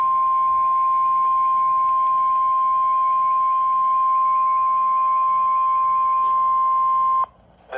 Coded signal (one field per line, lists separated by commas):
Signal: Emergency Alert System (SAME) tones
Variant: 1050 Hz attention tone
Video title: Severe Thunderstorm Warning (EAS #452)